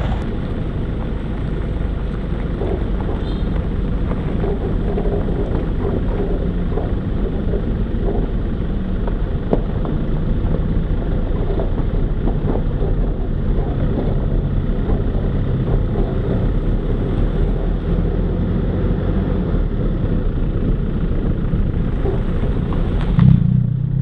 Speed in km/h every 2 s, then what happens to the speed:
3, 3, 4, 4, 6, 8, 7, 10, 11, 13, 11, 9.
0-13 steady at about 4. 13-17 speeds up to 13. 17-24 steady at about 11.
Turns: none.